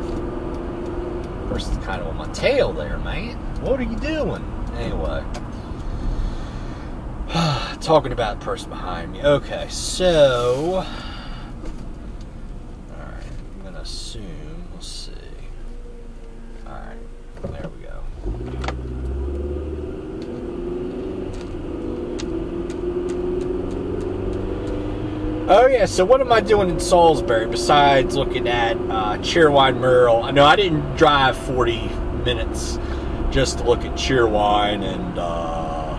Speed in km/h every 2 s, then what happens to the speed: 66, 68, 60, 47, 35, 24, 13, 5, 3, 19, 31, 44, 52, 60, 66, 68, 71, 72.
3-16 brakes to 3. 16-29 speeds up to 68. 29-36 steady at about 71.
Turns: none.